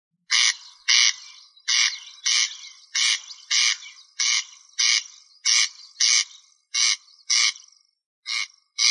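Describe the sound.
Rail calling with many harsh, buzzy notes, often in pairs, with a gap near the end.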